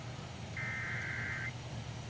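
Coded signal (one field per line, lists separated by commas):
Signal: Emergency Alert System (SAME) tones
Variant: header bursts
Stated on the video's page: Flood Warning from the National Weather Service in Albany, relayed by station WZME.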